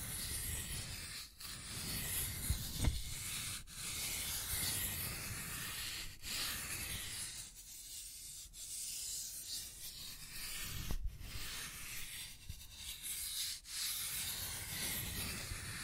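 Continuous rough scratching and rubbing, like tracing on a surface, with brief pauses near 1, 4, 6 and 11 seconds and a thinner stretch mid-clip.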